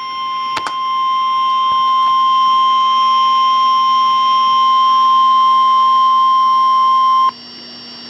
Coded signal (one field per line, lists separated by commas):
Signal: Emergency Alert System (SAME) tones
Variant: 1050 Hz attention tone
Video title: {TRIPLE HEADER!!!} Severe Thunderstorm Warnings (EAS #31-33)